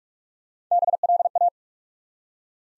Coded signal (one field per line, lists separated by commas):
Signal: Morse code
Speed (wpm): 45 wpm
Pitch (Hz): 700 Hz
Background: none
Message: BLA